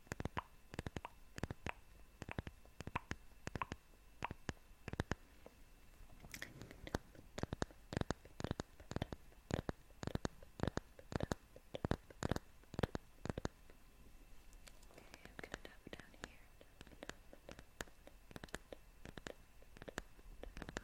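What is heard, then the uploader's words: Crisp tapping in irregular bursts of quick sharp hits, with soft scratching and faint whispery breaths between them. ASMR Invisible Face Tapping & Scratching That You Can Hear.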